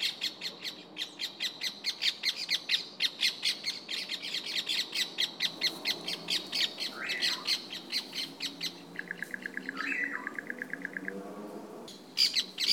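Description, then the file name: Bird song of rapid high chirps in a long run, joined near the end by a buzzy trilled phrase. "passaros"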